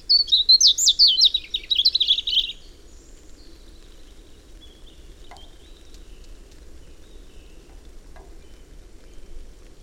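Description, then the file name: European robin song phrase of high, rapid warbling notes in the first two and a half seconds, followed by quiet background hum and a few faint chirps. "Erithacus rubecula"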